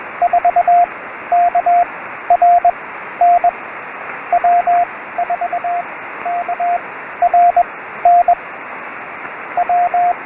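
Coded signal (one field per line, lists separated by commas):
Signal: Morse code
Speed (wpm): 21 wpm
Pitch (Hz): 700 Hz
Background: radio noise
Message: 4KRNW 4KRNW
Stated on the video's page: CW Summits on the Air activation of W6/SD-026 using a SOTAbeams Bandhopper.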